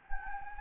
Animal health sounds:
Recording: mosquito wingbeat signal from an infrared sensor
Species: Anopheles gambiae

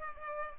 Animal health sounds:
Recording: mosquito wingbeat signal from an infrared sensor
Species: Culex pipiens

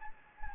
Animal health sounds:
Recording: mosquito wingbeat signal from an infrared sensor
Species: Anopheles gambiae

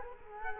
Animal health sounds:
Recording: mosquito wingbeat signal from an infrared sensor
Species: Culex quinquefasciatus

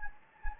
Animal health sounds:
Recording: mosquito wingbeat signal from an infrared sensor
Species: Anopheles gambiae

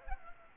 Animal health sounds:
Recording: mosquito wingbeat signal from an infrared sensor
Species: Anopheles arabiensis

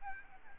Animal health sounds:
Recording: mosquito wingbeat signal from an infrared sensor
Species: Aedes albopictus

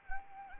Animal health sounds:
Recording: mosquito wingbeat signal from an infrared sensor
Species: Anopheles arabiensis

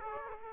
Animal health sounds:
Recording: mosquito wingbeat signal from an infrared sensor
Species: Aedes aegypti

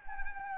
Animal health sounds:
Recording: mosquito wingbeat signal from an infrared sensor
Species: Anopheles gambiae

